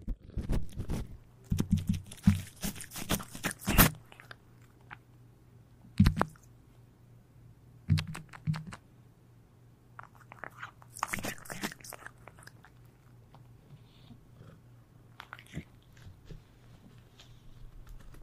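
Cats eating, with crisp crunching and biting bursts clustered in the first four seconds, then scattered chews around 6, 8 and 11 seconds. A low steady hum runs underneath throughout, and later stretches hold softer, sparse clicks and small mouth sounds.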